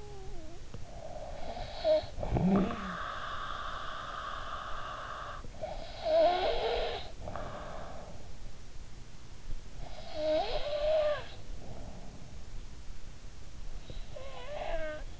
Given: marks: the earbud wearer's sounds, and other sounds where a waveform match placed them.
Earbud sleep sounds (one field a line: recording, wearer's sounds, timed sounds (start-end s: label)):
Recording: sounds in sleep by an in-ear microphone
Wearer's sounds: snoring breath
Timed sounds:
0.00-15.20 s: snoring breath